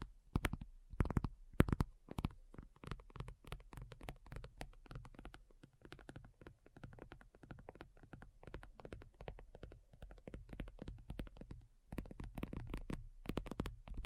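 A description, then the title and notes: Tapping sounds in quick, irregular bursts fill the clip, each tap a short dry click with a soft thud underneath. The strongest, sharpest taps come near the start and again around twelve to thirteen seconds, with denser, quieter tapping between. ASMR Addictive Tapping.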